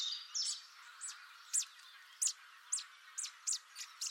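Bird calls, short high chirps repeated roughly every half second over a steady background hiss.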